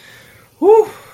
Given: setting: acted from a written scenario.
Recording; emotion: vocal sound without words; relief